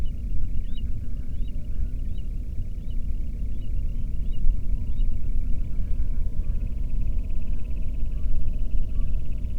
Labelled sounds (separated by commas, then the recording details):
bird
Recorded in the Prudhoe Bay oil fields, Alaska, on 13 June 2019 at 00:35
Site 30